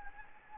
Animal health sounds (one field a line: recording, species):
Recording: mosquito wingbeat signal from an infrared sensor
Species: Anopheles gambiae